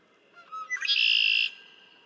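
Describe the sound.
Red-winged blackbird song: short gurgled introductory notes, then a rasping, buzzy trill held steady.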